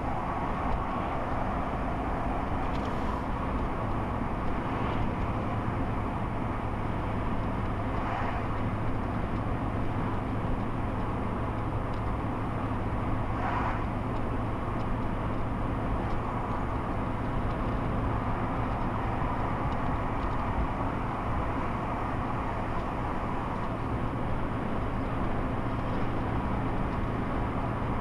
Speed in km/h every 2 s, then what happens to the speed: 56, 56, 58, 58, 58, 58, 60, 60, 60, 60, 61, 61, 63, 64.
0-28 speeds up to 64.